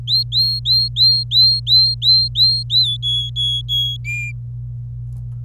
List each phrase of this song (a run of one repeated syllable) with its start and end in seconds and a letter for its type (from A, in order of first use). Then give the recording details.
0.07-2.97 A, 3.02-3.97 B, 4.04-4.32 C. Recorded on 26 April 2018 at 10:21. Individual llb3